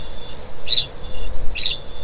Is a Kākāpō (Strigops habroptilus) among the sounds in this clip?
yes